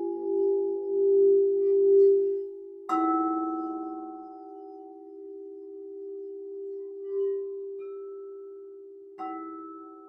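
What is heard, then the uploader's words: Crystal singing bowls hum in a steady low tone, with bright new strikes near three seconds and nine seconds ringing over the sustained drone. A sound bath with crystal singing bowls correlated with the root chakra, solar plexus chakra , heart chakra and the throat chakra.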